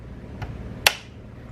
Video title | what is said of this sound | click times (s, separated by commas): How To Correctly Install a Picatinny rail on the Benelli Lupo, or any Rifle! | do you hear that click and then Skip and go to the next one get | 0.9 s